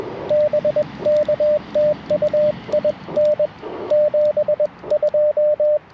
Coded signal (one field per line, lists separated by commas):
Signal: Morse code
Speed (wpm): 21 wpm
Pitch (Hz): 600 Hz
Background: radio noise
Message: BK TU IN 72